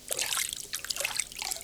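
River water of the Orinoco River trickles and babbles steadily beneath an old motorboat travelling downriver, with small bright plinks and drips popping through a hissy, bubbling wash. It runs on without pause at a moderate level, and no one speaks.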